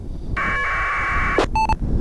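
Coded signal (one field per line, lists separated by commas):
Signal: packet radio (AX.25, as in APRS)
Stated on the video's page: APRS packets through the ISS UHF digipeater on a near-overhead pass, received on a Kenwood TH-D72A handheld and recorded.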